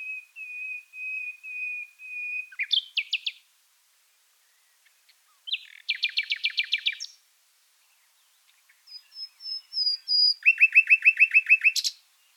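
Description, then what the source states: Common Nightingale song in three phrases separated by short pauses, mixing series of pure whistled notes with fast, loud rattling bursts of pulses. Sings up to 2000 strophes, each 3 to 5 seconds long, and in different regional dialects.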